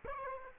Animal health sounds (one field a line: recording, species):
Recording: mosquito wingbeat signal from an infrared sensor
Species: Aedes aegypti